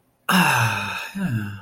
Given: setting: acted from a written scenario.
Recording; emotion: vocal sound without words; relief